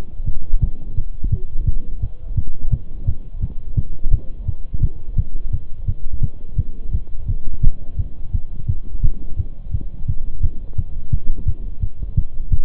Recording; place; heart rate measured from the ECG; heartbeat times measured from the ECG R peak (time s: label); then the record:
heart sounds by stethoscope; between the tricuspid and mitral areas; 171 bpm
0.27 s: heartbeat
0.62 s: heartbeat
0.98 s: heartbeat
1.32 s: heartbeat
1.67 s: heartbeat
2.02 s: heartbeat
2.38 s: heartbeat
2.72 s: heartbeat
3.08 s: heartbeat
3.42 s: heartbeat
3.78 s: heartbeat
4.12 s: heartbeat
4.48 s: heartbeat
4.83 s: heartbeat
5.18 s: heartbeat
5.53 s: heartbeat
5.88 s: heartbeat
6.23 s: heartbeat
6.58 s: heartbeat
6.93 s: heartbeat
7.28 s: heartbeat
7.64 s: heartbeat
7.99 s: heartbeat
8.34 s: heartbeat
8.69 s: heartbeat
9.04 s: heartbeat
9.39 s: heartbeat
9.74 s: heartbeat
10.09 s: heartbeat
10.44 s: heartbeat
10.78 s: heartbeat
11.13 s: heartbeat
11.47 s: heartbeat
11.82 s: heartbeat
12.17 s: heartbeat
12.52 s: heartbeat
From the record:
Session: Bruce protocol treadmill stress test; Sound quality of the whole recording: partially saturated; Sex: male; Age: 23 years